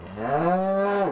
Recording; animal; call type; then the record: contact call of a hoofed animal; cattle; low-frequency (closed-mouth) or high-frequency (open-mouth) call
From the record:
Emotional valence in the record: negative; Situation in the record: full separation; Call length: 1.12 s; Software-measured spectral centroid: 1090 Hz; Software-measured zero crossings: 1250 a second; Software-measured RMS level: -24 dBFS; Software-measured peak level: -12 dBFS